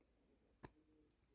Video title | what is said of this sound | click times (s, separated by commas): Part 12: Quicksilver Pinball Project. Playfield and Cabinet unite! | and then yeah push her in and you listen for the click | 0.6 s